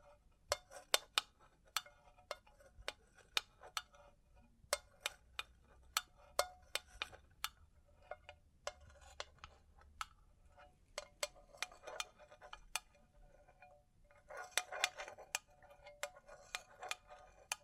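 Bling bling triggers: small metal pieces clink and tap in sharp, bright ticks, about one or two each second with uneven spacing. A soft rustling shuffle runs beneath, and around fourteen to sixteen seconds the jingling thickens into a denser rattling cluster.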